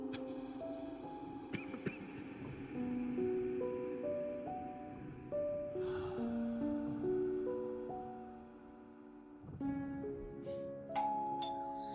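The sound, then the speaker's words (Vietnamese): A chiming doorbell rings over and over in quick succession, its bright tones stepping up and down in repeated melodic runs above a steady low background rumble. “Tiếng chuông cửa dồn dập cùng giọng nói khẩn khoản của người bên ngoài làm cho bà Sương giật mình.”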